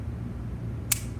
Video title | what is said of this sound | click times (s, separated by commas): Sony TC-WR701ES Replacing Pinch Rollers | that snaps into place and it is rolling free | 0.9 s